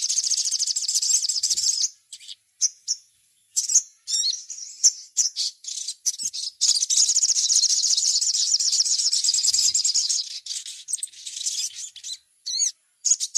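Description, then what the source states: Little spiderhunter song, long runs of rapid high chattering trills with short sharp chips between bursts, abruptly cut silences in places. Masteran, a training recording of the song.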